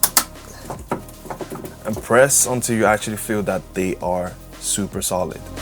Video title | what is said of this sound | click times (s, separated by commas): Building a $200 Gaming PC From Dumpster Parts (AAA Games Tested) | till you hear the click, because that is so important. | 0.0 s, 0.2 s